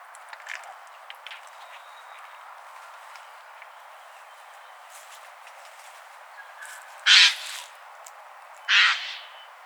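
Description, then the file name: Eurasian jay uttering two loud, grating screeches roughly two seconds apart late, after a stretch of quiet with faint background sounds. "Garrulus glandarius"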